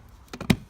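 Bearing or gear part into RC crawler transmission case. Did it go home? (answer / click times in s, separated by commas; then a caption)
yes / 0.5 s. A part, possibly a bearing, is pressed into the other side of a 1/10 scale SCX10 Deadbolt RC crawler transmission case during a rebuild with steel gears. A few faint taps lead up to a sharp snap at 0.5 seconds as the part pops in and seats.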